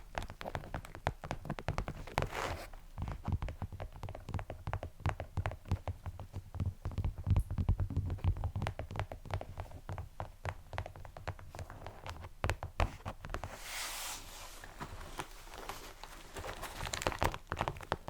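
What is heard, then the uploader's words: ASMR tapping fills the recording: a dense, fast run of crisp taps and clicks that continues without pause for the whole length. The knocks are mostly low and thuddy, with brighter scratchy flurries around the 2-second and 14-second marks and a sharp louder tap near 12.5 seconds. ASMR Tapping (No Talking).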